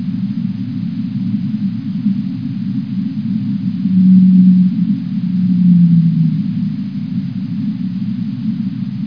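Blue whale call: two low, steady tonal moans, the second slightly falling, standing out over a continuous band of deep rumbling noise.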